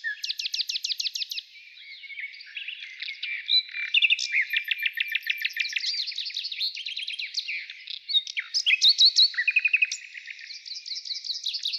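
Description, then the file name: Nightingale song with fast repeated note series and rattling trills, switching between phrases. Morning. "Utro i solovey"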